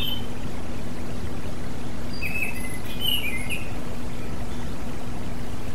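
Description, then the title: Oriental magpie-robin singing a short run of whistled, slurred notes in the middle, with a constant low hum and hiss throughout. Chirping song. "Kicau Kacer Durasi Panjang 1jam Lebih"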